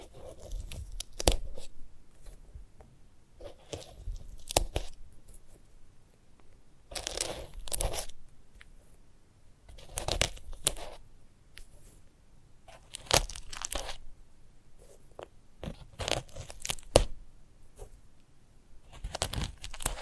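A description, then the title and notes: Sunflower head being handled, with dry crackling, crunching and tearing sounds in irregular bursts. Sharp bright crackles come every second or two, with denser clusters around 7–8, 10, 13 and 16–17 seconds. Brief quiet gaps separate the handling. ASMR of a Sunflower Head (No Talking).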